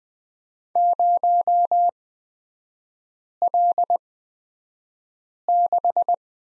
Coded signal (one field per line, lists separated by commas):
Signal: Morse code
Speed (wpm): 20 wpm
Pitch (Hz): 700 Hz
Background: none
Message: 0L6